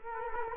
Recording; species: mosquito wingbeat signal from an infrared sensor; Culex quinquefasciatus